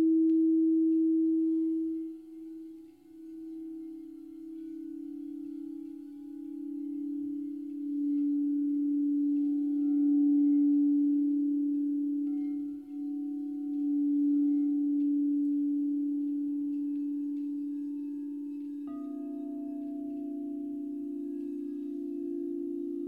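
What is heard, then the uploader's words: A crystal singing bowl sustains one steady low-middle tone for the whole stretch, swelling and dipping gently in loudness with a slow waver. Faint higher overtones hover above it, and near nineteen seconds the pitch shifts slightly as another bowl's tone takes over. Crystal Bowl Sound Bath. 主持人思葒親自演奏水晶缽療癒音樂.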